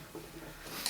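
With the magazine empty, the follower of a deactivated Mauser Kar98K rifle is pressed down so the steel bolt can slide forward into the receiver. After quiet low handling noise, a single sharp hit at 0.9 s marks the bolt shutting closed over the empty magazine.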